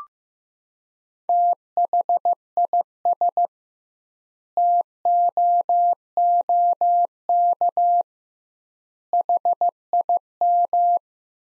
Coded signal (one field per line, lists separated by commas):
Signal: Morse code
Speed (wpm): 15 wpm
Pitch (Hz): 700 Hz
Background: none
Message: THIS TOOK HIM